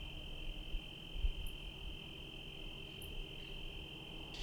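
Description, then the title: Cricket song: a sustained high trill with two brief high chirps, over a low background rumble. Night recording in Trinity County, California, USA, dated 17/10/25 around 05:06 (approximate time); recorded on Zoom H1 with internal XY microphones. "Trinity County, Californie, États-Unis d'Amérique - 17_10_25_05_06 grillons nuit voitures PLUIE"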